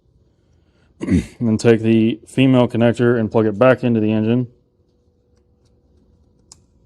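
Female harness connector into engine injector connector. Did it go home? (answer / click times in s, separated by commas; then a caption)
yes / 6.5 s. On a 2021 Renegade Verona motorhome with an L9 Cummins engine, during a 12550 install, a female harness connector is plugged back into the engine injector connector. Someone talks from about 1.0 to 4.5 s, then a quiet pause follows. A single sharp click at 6.5 s marks the connector seating into place.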